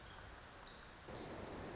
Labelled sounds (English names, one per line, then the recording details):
Pacific Wren
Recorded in Sonoma County, California